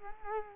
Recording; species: mosquito wingbeat signal from an infrared sensor; Culex quinquefasciatus